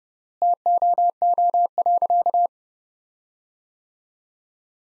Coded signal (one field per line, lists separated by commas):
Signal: Morse code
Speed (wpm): 29 wpm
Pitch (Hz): 700 Hz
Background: none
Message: TOO.